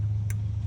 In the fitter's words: get that little snap